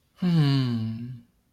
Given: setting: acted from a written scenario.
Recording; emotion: vocal sound without words; shame